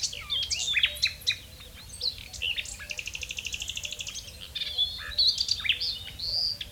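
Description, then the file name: Common nightingale song with quick chirps, a long even rattle of rapid repeated notes, then more varied notes, over low background noise. "Luscinia megarhynchos"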